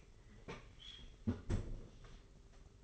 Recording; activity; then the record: daily activity, microphone in the room; close fridge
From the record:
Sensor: 4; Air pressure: 991.9 hPa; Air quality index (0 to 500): 103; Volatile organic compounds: 14 ppm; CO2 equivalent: 2439 ppm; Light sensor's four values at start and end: 20/65/24/24 and 20/67/25/25